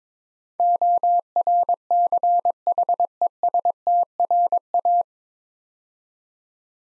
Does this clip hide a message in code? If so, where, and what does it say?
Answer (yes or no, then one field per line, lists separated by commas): yes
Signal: Morse code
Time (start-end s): 0.6-5.0 s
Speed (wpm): 22 wpm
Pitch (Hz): 700 Hz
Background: none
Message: ORCHESTRA